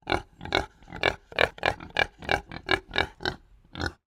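Kunekune pigs grunting and snorting in quick, rhythmic bursts, roughly two or three per second, with a short pause before a final grunt.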